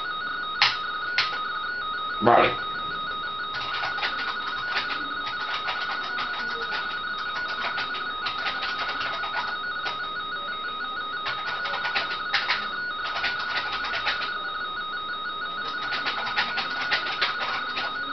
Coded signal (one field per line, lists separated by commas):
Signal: RTTY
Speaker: vamos a lanzar una portadora para transmitir. Vamos a ver pruebas de